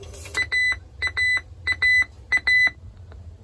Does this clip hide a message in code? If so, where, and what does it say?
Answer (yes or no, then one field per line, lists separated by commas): no